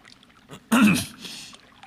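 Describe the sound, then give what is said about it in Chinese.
A single short, raspy throat clearing, as Harry Potter clears his throat before raising his wand. It is a gruff burst of about half a second with a low rumbling voiced edge, standing alone against near silence. “哈利没有料到这一点，他清了清嗓子，举起魔杖，大声说道，”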